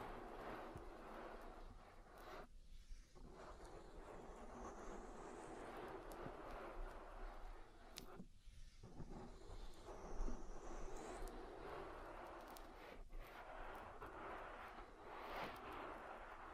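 Oil ear massage: dense, steady rubbing and squishing with a low rumble, sharp crackles throughout, and brief pauses near three and eight seconds.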